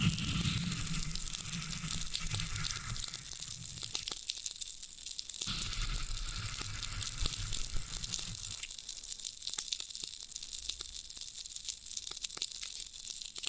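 Floral foam is pressed and broken apart in a steady, dense run of fine crackling, crunching and tearing sounds, bright and hissy throughout. A low, rubbing rumble joins in for stretches during the first four seconds and again from about five to eight seconds.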